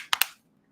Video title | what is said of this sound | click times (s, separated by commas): Top Recommends and Deals with Clown Live #live #deals #shopping | right? So it clicks in place to lock. | 0.1 s, 0.2 s